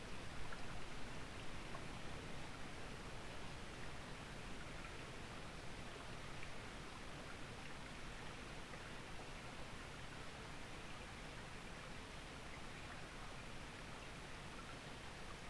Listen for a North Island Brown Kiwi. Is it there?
no